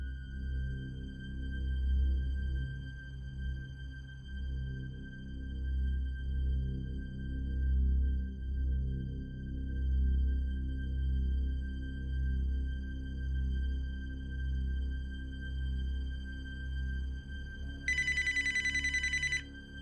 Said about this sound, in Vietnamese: Tiếng chuông điện thoại đổ lên liên tục, làm cho Tuấn thức giấc. Anh đưa tay giới lấy cái điện thoại rồi đặt lên má.